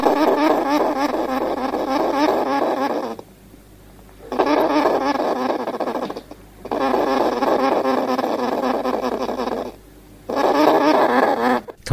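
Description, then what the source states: Edible dormouse giving long bouts of harsh, rapidly pulsed chattering squeaks and grunts, broken by three short quieter pauses. Played-back sound library recording; throaty squeals and grunts, intense and lasting many minutes, carrying through the forest at night.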